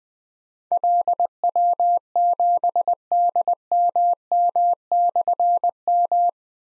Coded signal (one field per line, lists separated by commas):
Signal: Morse code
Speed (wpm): 20 wpm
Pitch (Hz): 700 Hz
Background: none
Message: LW7DMM/M